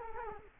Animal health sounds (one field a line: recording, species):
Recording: mosquito wingbeat signal from an infrared sensor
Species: Culex quinquefasciatus